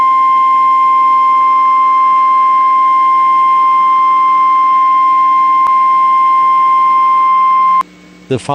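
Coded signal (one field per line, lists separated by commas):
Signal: Emergency Alert System (SAME) tones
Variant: 1050 Hz attention tone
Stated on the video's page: Rare real Evacuation Immediate alert from a NOAA Weather Radio station.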